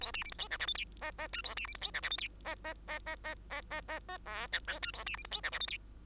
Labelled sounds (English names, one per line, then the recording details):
Bengalese Finch song
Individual Bird2